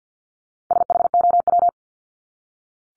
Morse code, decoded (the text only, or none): SHOW